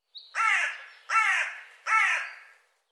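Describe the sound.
Bird caws three times, harsh and hoarse, evenly spaced under a second apart, each note fading at its end.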